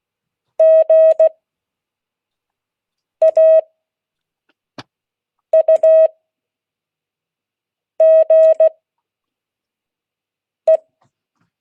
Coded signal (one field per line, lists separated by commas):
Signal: Morse code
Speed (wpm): 16 wpm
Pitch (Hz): 640 Hz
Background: none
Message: GAUGE